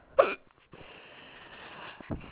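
Two abrupt, loud, hard hiccups from an adult, about two seconds apart, with faint room noise between them. The hiccups are not painful.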